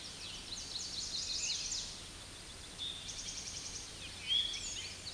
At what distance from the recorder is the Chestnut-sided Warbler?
about 45 m